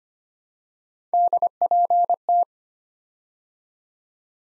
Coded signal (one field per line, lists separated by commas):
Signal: Morse code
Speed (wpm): 25 wpm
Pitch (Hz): 700 Hz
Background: none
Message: DPT